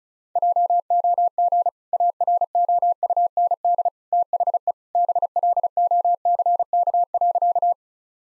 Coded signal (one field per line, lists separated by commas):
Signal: Morse code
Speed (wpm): 34 wpm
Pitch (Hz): 700 Hz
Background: none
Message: JOG AROUND THE BLOCK.